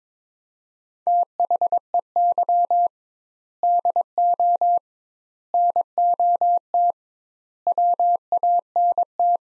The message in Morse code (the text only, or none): THEY DO NOT WANT